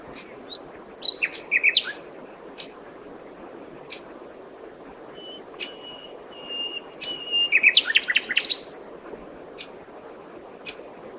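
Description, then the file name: Common nightingale song: scattered high whistles and clicks, then a sustained pure note and a rapid burst of varied, sharp trills and chirps. "Luscinia megarhynchos"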